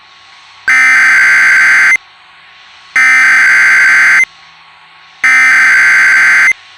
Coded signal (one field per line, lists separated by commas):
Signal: Emergency Alert System (SAME) tones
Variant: header bursts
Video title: Mini EAS Scenario: Knoxville Tornado (2 of them intrupted Me and Dark Melon)